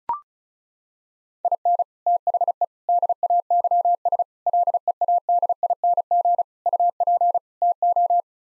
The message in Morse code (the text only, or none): IN THE DAYS LEADING UP TO